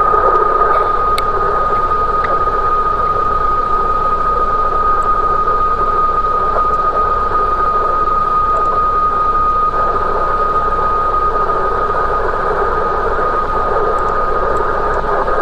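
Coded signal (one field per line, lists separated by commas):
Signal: PSK31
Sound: a steady thin warbling tone in hissy radio noise for the whole clip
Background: radio static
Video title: A61BK PSK31 12M PC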